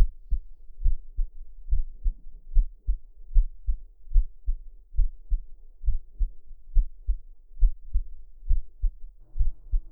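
Steady, muffled low thumps come in paired lub-dub beats at about 70 beats a minute with an even rhythm. It is a heartbeat heard with an ear pressed to the chest, with a faint hum in the background.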